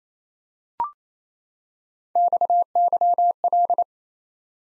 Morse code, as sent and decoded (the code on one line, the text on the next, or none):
-..- -.-- .-..
XYL